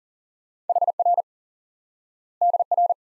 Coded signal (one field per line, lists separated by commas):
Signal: Morse code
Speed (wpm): 40 wpm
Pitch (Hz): 700 Hz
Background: none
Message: HR DR